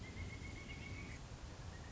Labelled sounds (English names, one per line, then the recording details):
Pileated Woodpecker
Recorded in Sonoma County, California